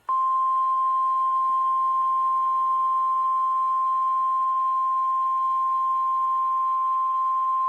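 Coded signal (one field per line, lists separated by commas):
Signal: Emergency Alert System (SAME) tones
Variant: 1050 Hz attention tone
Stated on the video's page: Tornado Watch received via an online NOAA Weather Radio stream.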